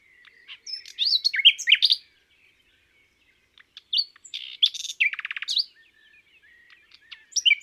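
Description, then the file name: Common nightingale: jumbled bursts of varied chirps and whistles with a short rattling trill, separated by pauses. "Rossignol philomele"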